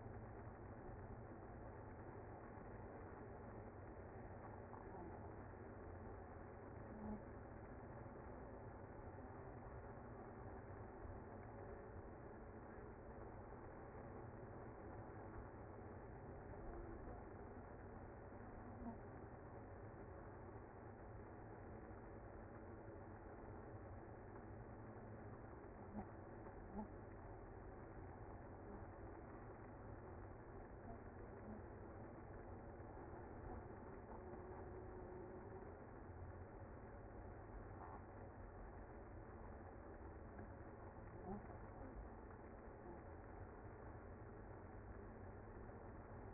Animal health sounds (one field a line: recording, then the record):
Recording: honeybee colony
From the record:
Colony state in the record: active